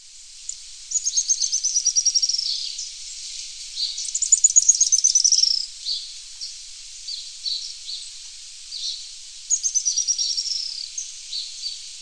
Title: LuckyPassaro Completos2Sama. Araucaria Tit-Spinetail (Leptasthenura setaria)